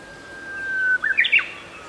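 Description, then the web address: Japanese bush warbler song: a long steady whistled note, followed by a quick tumbling flourish of rising and falling notes, over faint background hiss. "uguisu"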